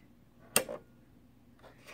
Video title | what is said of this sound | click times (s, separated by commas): Bernina Activa 130 | now I'm going to stop talking you're going to hear a click that's how you know it's in | 0.6 s